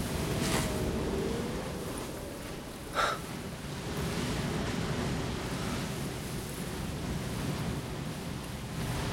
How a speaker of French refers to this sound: Ça fait un joli bruit le vent dans les feuilles.